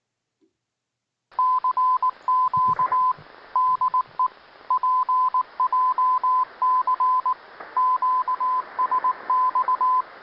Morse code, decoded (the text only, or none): CQ DE PJC QSX